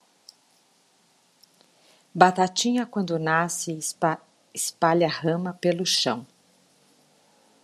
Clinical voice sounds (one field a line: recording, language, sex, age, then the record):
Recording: short text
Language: Brazilian Portuguese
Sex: female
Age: 50 to 59 years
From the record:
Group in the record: control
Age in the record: 55 years